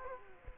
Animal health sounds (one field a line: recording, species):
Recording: mosquito wingbeat signal from an infrared sensor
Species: Culex quinquefasciatus